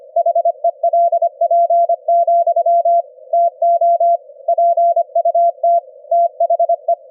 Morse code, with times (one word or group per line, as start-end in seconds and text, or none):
0.2-3.0 HELP,
3.3-4.2 TO
4.5-5.8 PUT
6.1-6.9 THE